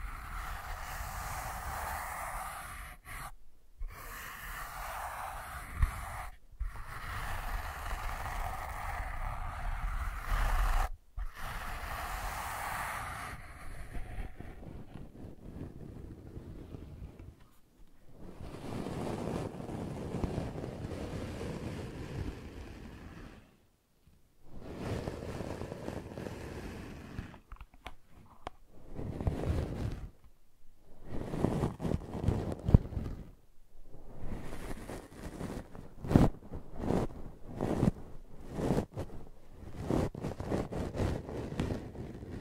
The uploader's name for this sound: ASMR Brushing and Scratching